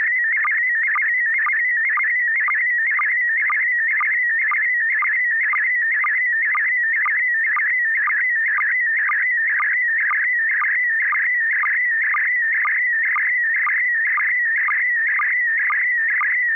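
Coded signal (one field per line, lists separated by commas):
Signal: SSTV (slow-scan television)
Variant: PD120 mode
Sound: warbling whistle tone rising and falling, with a short low blip about twice a second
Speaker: Okay, I have a picture. This is going to be PD120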